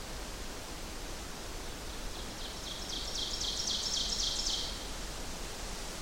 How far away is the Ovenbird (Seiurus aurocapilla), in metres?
about 35 m